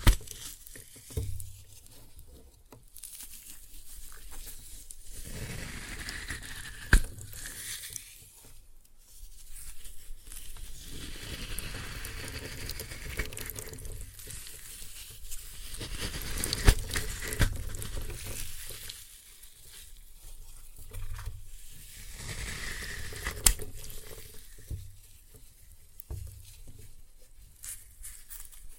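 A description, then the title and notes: Floral foam packed with glitter is crushed in slow, repeated squeezes, giving a dry crackling and crunching that swells and fades in waves. Quieter gaps near 8 and 20 seconds separate the pushes, with sharp snaps around 7, 17 and 23 seconds. Floral Foam Glitter Bomb Crushing.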